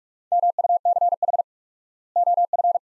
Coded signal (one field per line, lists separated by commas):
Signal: Morse code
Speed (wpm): 42 wpm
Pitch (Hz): 700 Hz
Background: none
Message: MUCH OF